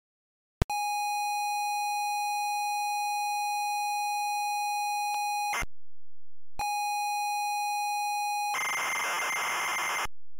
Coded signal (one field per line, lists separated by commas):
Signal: ZX Spectrum tape loading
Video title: Turbo Girl (ZX Spectrum)